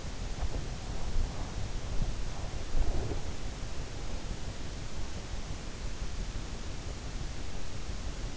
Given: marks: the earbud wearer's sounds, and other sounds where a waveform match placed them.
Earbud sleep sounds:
sounds in sleep by an in-ear microphone; body movement
0.05-3.38 s: body movement

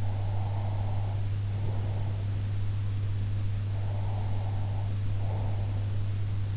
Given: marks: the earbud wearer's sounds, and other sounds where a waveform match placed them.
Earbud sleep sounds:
sounds in sleep by an in-ear microphone; breath
0.00-2.34 s: breath
3.69-5.84 s: breath

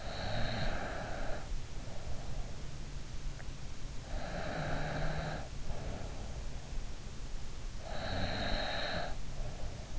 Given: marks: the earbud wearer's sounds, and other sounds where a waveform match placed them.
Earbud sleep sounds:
sounds in sleep by an in-ear microphone; snoring breath
0.00-2.50 s: snoring breath
4.09-6.54 s: snoring breath
7.81-9.90 s: snoring breath

